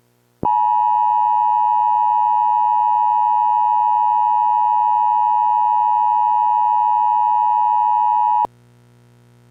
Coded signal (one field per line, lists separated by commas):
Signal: Emergency Alert System (SAME) tones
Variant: 853 and 960 Hz attention tone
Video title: EAS MOCK - Los Angeles Assault